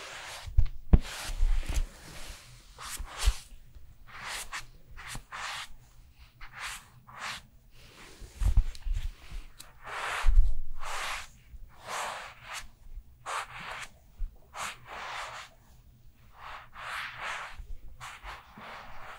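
Skincare routine sounds: a run of short, bright rubbing or brushing strokes, repeating quickly and a little unevenly across the whole clip. A few dull low thumps land around the 1, 8.5 and 10 second marks, and a faint low hum sits underneath.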